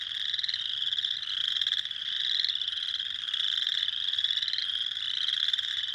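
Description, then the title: Spring peepers calling together, high piercing upslurred peeps overlapping constantly. Recorded on 6 April 2021. "2021-04-06-Spring-Peepers"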